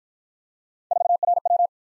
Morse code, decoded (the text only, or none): 4RW